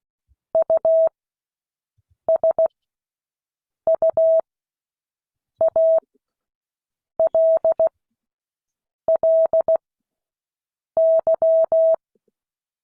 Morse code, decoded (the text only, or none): USUALLY